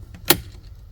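A wiring harness connector is pushed into the back of the instrument cluster of a 2003–2005 Volvo XC70 during reinstallation. A faint tap is heard at 0.2 seconds, then a sharp, loud click at 0.3 seconds, followed by a quiet tick near 0.7 seconds. The connector clicks in and is seated.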